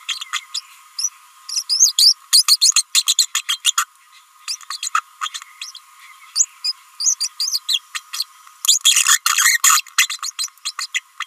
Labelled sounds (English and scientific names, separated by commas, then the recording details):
Green-rumped Parrotlet (Forpus passerinus) babbling
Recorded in a nest box in Venezuela
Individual 18B25A5